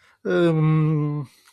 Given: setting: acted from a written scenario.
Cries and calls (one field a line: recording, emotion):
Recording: vocal sound without words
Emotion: embarrassment